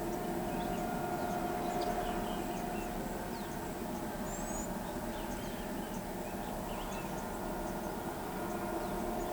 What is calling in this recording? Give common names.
none